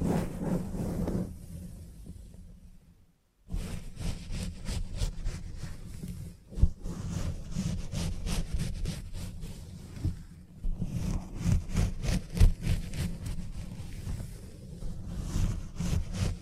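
Haircut sounds with an electric clipper's steady low buzz running through most of the recording, dotted with rapid, crisp snips and scraping strokes. Near three seconds everything drops to near silence, then the buzz resumes, with sharper clicks around seven and twelve seconds.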